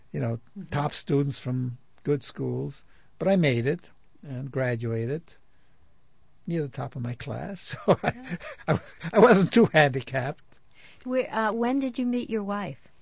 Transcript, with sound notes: you know, top students from good schools, but I made it, and graduated near the top of my class. () ( he laughs ) I wasn't too handicapped.
When did you meet your wife?